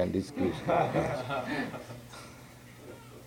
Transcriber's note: laughter